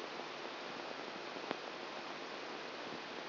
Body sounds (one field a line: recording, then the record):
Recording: brain microelectrode recording played as sound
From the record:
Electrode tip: outside the subthalamic nucleus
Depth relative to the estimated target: 4 mm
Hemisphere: left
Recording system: AlphaMap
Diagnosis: Parkinson's disease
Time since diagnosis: 24 years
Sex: female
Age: 57 years